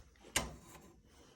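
An embroidery hoop is removed from an embroidery machine carriage by squeezing its clips with finger and thumb and unclipping it. A loud, sharp click sounds at 0.4 seconds as the hoop releases, followed by a softer sliding rustle. The hoop comes free of the carriage.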